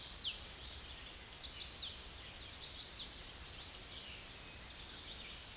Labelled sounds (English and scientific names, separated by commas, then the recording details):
Chestnut-sided Warbler (Setophaga pensylvanica) song
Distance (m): 15 m
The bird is about 15 m above the microphone
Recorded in a Pennsylvania forest on 16 May 2024 at 07:53
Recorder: AudioMoth, point MSD-0438
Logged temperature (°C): 14.5 °C
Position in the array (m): 114 m, 99 m